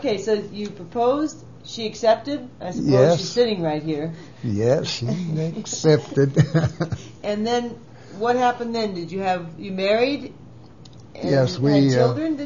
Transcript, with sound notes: So you proposed she accepted I guess, she's sitting right here.
Yes, she accepted (laughs)
And, what happened then did you have -you married—you have children.